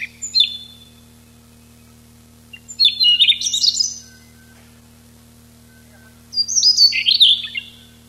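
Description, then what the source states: Siberian rubythroat: a short opening note, then two long scratchy, warbled phrases with high whistles, separated by a pause of a few seconds. Recorded 6 July 1991.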